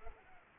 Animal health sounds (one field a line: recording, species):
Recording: mosquito wingbeat signal from an infrared sensor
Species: Culex pipiens